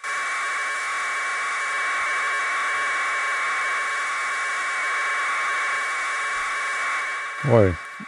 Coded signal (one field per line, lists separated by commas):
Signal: packet radio (AX.25, as in APRS)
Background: speech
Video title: Ham College 72